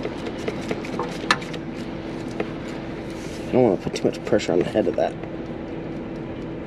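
A click-type torque wrench tightens the crank sensor hold-down bolt into the engine block of a 2012 Ram Cummins 6.7, torqued to avoid over-stressing the bolt head. Faint ticks come first, then a sharp wrench click at 1.3 s confirms the bolt has reached its torque setting. Someone talks afterward.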